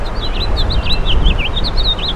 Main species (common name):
House Finch